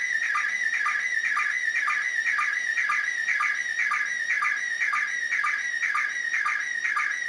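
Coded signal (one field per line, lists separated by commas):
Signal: SSTV (slow-scan television)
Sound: warbling, chirping tone with a steady rhythmic low blip about twice a second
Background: radio static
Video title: Perception SSTV (2m) SDR Lapwing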